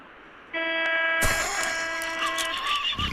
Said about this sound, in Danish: Er det noget? Ja, det er et godt horn. Det er en Opel, eller? Nej, det er en Ford Fiesta, tror jeg.